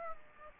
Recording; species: mosquito wingbeat signal from an infrared sensor; Aedes aegypti